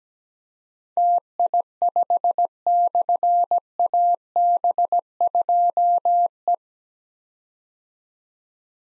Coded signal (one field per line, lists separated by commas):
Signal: Morse code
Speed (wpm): 17 wpm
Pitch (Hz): 700 Hz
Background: none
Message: TI5/AB2E